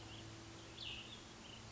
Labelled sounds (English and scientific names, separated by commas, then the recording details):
Cassin's Vireo (Vireo cassinii)
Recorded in Sonoma County, California